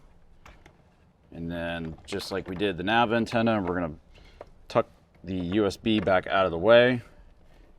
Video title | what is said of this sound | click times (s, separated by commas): Jeep Wrangler JK Sony XAV-AX6000 Plug & Play Kit Installation - 2007 - 2018 Jeep Wrangler JK | Give it a push until you hear a click. | 0.5 s